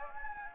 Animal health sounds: mosquito wingbeat signal from an infrared sensor; Anopheles gambiae

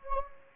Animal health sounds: mosquito wingbeat signal from an infrared sensor; Anopheles gambiae

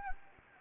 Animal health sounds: mosquito wingbeat signal from an infrared sensor; Anopheles gambiae

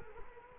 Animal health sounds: mosquito wingbeat signal from an infrared sensor; Culex quinquefasciatus

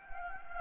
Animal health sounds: mosquito wingbeat signal from an infrared sensor; Anopheles gambiae

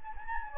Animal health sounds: mosquito wingbeat signal from an infrared sensor; Anopheles gambiae

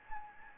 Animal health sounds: mosquito wingbeat signal from an infrared sensor; Anopheles gambiae

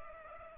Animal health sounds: mosquito wingbeat signal from an infrared sensor; Culex pipiens

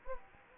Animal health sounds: mosquito wingbeat signal from an infrared sensor; Anopheles gambiae

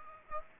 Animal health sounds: mosquito wingbeat signal from an infrared sensor; Aedes aegypti

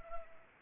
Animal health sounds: mosquito wingbeat signal from an infrared sensor; Culex pipiens

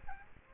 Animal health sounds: mosquito wingbeat signal from an infrared sensor; Aedes aegypti

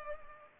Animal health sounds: mosquito wingbeat signal from an infrared sensor; Culex pipiens

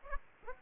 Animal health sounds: mosquito wingbeat signal from an infrared sensor; Aedes aegypti

